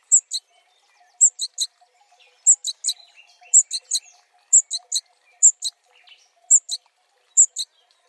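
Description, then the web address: Bird calling with sharp, high chirps grouped in twos and threes, the groups coming about once a second over a quiet background. "Deverinetal"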